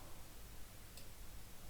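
A plastic turret assembly part of a model Lancaster bomber kit is pushed to clip into the model aircraft assembly, giving a faint, brief click at 1.0 s over a steady broadband hiss. The part looks clipped in but is not actually seated home.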